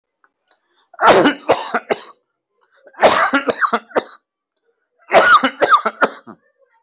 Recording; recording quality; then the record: heavy voluntary cough; excellent, no background noise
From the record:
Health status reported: healthy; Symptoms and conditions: hypertension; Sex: male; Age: 50 years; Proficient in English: yes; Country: India